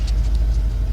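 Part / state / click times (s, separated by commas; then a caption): plastic harness clip onto engine stud / not seated / none. A plastic harness clip on a Chevy Traverse is handled around an engine stud during spark plug replacement, but nothing has seated or clicked yet. A steady low rumble fills the clip, with a brief faint tick near 0.35 s.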